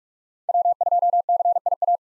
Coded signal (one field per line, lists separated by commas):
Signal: Morse code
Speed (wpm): 44 wpm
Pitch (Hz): 700 Hz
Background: none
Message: W2CIA